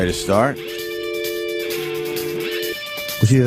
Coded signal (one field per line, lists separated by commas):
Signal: telephone call progress tone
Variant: North America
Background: speech, music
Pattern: dial tone